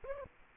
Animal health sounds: mosquito wingbeat signal from an infrared sensor; Aedes aegypti

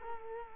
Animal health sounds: mosquito wingbeat signal from an infrared sensor; Culex quinquefasciatus

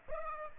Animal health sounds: mosquito wingbeat signal from an infrared sensor; Aedes aegypti

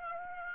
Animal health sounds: mosquito wingbeat signal from an infrared sensor; Aedes aegypti

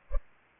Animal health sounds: mosquito wingbeat signal from an infrared sensor; Culex pipiens

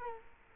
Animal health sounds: mosquito wingbeat signal from an infrared sensor; Culex quinquefasciatus

